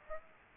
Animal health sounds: mosquito wingbeat signal from an infrared sensor; Aedes aegypti

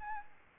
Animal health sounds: mosquito wingbeat signal from an infrared sensor; Aedes albopictus

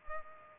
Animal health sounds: mosquito wingbeat signal from an infrared sensor; Culex pipiens

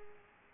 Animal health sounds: mosquito wingbeat signal from an infrared sensor; Culex pipiens

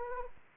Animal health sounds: mosquito wingbeat signal from an infrared sensor; Anopheles arabiensis

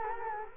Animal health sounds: mosquito wingbeat signal from an infrared sensor; Culex quinquefasciatus

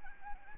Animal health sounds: mosquito wingbeat signal from an infrared sensor; Anopheles arabiensis

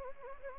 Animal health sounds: mosquito wingbeat signal from an infrared sensor; Anopheles gambiae

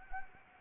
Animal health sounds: mosquito wingbeat signal from an infrared sensor; Anopheles gambiae

